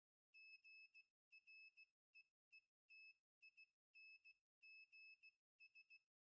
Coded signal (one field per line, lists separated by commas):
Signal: Morse code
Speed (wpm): 16 wpm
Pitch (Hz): 2600 Hz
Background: none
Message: GREETINGS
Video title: Lesson 6 - Active Buzzer and Morse Code Translator